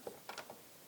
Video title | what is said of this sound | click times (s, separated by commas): CMMG Mk47 Dissent 7.62x39 Rifle Review | same thing just pops into place | 0.3 s, 0.4 s